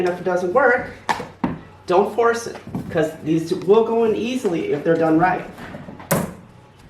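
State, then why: Seated. A vinyl floor plank's click-lock edge is angled up and over and pressed down into the neighbouring plank while someone talks. A sharp click at 6.1 s marks the joint locking, and the plank is seated in place.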